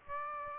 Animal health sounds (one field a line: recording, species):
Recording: mosquito wingbeat signal from an infrared sensor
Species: Aedes aegypti